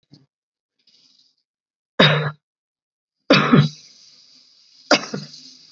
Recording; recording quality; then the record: heavy voluntary cough; excellent, no background noise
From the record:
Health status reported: COVID-19 positive, mild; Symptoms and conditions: cough, cold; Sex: male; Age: 38 years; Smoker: not ticked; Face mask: not worn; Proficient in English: yes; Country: India